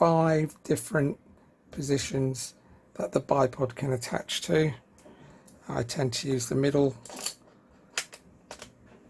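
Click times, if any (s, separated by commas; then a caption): 8.0 s, 8.5 s. A metal Picatinny-mount bipod is pushed onto the rail fitted under an XS78 or QB78 air rifle, in the middle of five positions, while someone talks. Sharp clicks sound at 8.0 s and 8.5 s as the bipod clamp seats correctly on the rail.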